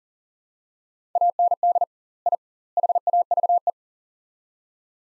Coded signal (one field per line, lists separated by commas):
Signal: Morse code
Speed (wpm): 40 wpm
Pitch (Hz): 700 Hz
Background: none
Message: AND I HAVE